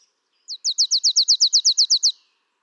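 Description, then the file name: Marsh tit giving a rapid, even series of about thirteen high, sharply descending notes, delivered as a dry, ringing rattle lasting under two seconds. "Poecile palustris"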